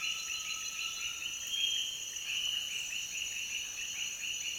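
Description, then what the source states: Frogs calling in a continuous chorus of rapid pulsed notes over a constant high-pitched droning background. Frog chorus in Peru.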